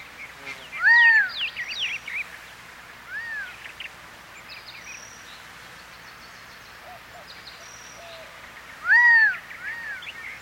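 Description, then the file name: Gambel's quail calls: loud arched, slurred notes near one second and again near nine seconds, with fainter chirps and short whistles between them. "صدای-بلدرچین-گامبلی"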